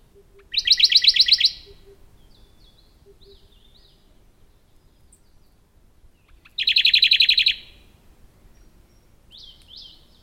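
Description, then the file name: Radde's warbler giving a loud, rapid rolling trill lasting about a second, repeated after about six seconds, with soft thin downslurred notes in between. "warbler-radde -Phylloscopus-schwarzi"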